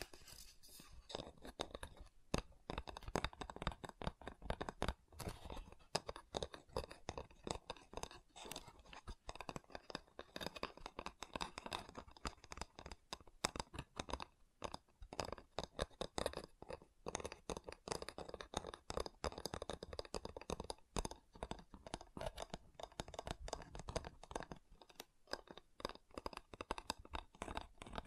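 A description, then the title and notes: Wood triggers: dense, continuous tapping and scratching on wood, with quick irregular clicks and scrapes running throughout. The sounds are crisp and bright, with a soft low rumble beneath, and occasional louder knocks stand out, especially around the middle. ASMR Calming Wood Triggers for Sleep (No Talking).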